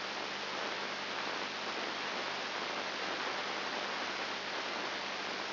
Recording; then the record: brain microelectrode recording played as sound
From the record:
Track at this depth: outside the subthalamic nucleus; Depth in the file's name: 5.7 mm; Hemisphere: left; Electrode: 2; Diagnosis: Parkinson's disease